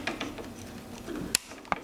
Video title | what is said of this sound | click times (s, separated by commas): AK47 UTG TL-M47SR side rail mount install | locks in place and | 1.4 s, 1.7 s